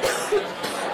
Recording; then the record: coughing mixed with background sound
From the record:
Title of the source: 30 Chesty and wet cough